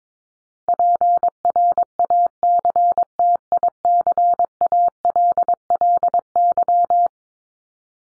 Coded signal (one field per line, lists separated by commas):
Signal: Morse code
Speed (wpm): 22 wpm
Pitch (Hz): 700 Hz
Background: none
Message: PRACTICALLY